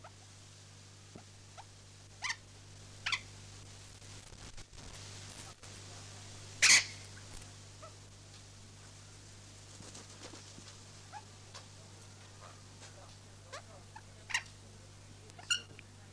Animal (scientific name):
Cyanoliseus patagonus